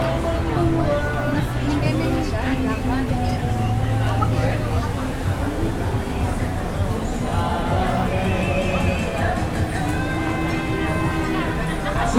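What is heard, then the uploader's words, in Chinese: A crowd gathers at a busy train station exit, many voices talking at once in a dense, steady chatter that never lets up. Conversations overlap, with a low rumble of traffic or trains underneath throughout. 在台北的印尼_北平西路。在台北車站東三門出口,是在台工作的印尼朋友假日聚集之地。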